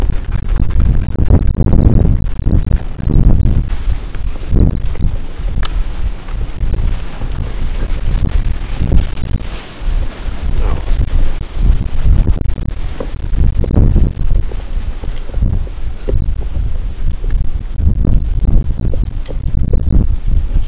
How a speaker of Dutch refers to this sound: Nou ja, dat is veel wind, zoals je hoort.